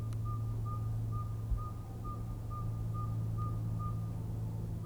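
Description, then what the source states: Northern saw-whet owl tooting in a monotonous run of clear whistled notes, roughly two each second, with a steady low droning hum beneath. 15 February 2019.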